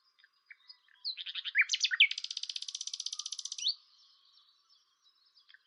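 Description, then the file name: Common nightingale song: a few soft introductory notes, then a loud varied phrase leading into a long, rapid, buzzy trill that stops abruptly. "Luscinia megarhynchos"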